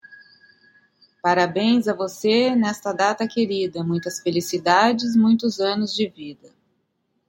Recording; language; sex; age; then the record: short text; Brazilian Portuguese; female; 40 to 49 years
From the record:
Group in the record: control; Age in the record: 49 years